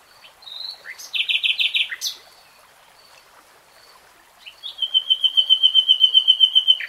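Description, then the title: Nightingale song: a short whistle, a loud buzzy burst, a pause, then a long evenly repeated high trill. Nightingale singing in real time. "[Tiếng chim hót] 3 Hours REALTIME Nightingale Singing"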